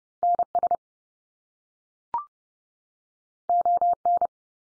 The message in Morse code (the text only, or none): NS ON